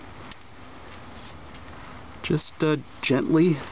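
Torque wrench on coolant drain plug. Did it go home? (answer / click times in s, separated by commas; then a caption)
no / none. A torque wrench with a 24 mm socket, set to tighten, is fitted onto the metal coolant drain plug of a Toyota Prius inverter and lined up before the tightening stroke. Low steady background noise with a faint short tap at about 0.3 s is followed by someone talking from about 2.3 s. Nothing has clicked yet.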